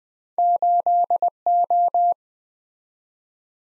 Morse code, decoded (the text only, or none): 8O